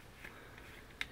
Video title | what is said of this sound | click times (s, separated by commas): MOTOROLA RAZR MAXX XT913 HYBRID CASES WITH KICKSTAND.MOV | these co that goes into the corners that kind of snaps into place there | 1.0 s